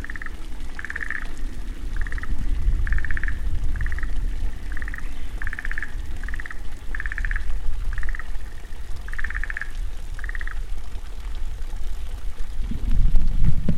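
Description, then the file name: Black-spotted pond frog croaking in short pulsed bursts, repeated many times, over a steady low rumble that swells near the end. "tonosama"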